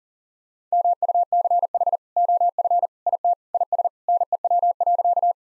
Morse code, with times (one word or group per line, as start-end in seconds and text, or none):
0.7-2.0 MUCH
2.2-2.9 OF
3.1-3.3 IT
3.5-3.9 IS
4.1-5.3 NEW.